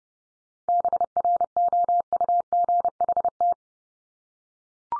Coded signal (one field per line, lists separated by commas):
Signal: Morse code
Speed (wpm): 30 wpm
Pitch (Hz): 700 Hz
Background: none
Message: BROUGHT